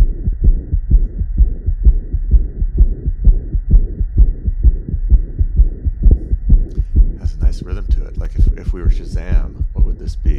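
Fast, regular heartbeat near 128 a minute with a subtle murmur, heard with a digital stethoscope on the chest of an adult who had a heart attack about two weeks earlier and significant shortness of breath: papillary muscle rupture after a severe heart attack, with valve flaps detached from the heart wall so the heart cannot pump efficiently. A surgical emergency, with mortality up to 50% within 24 hours.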